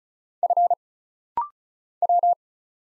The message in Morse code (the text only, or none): F W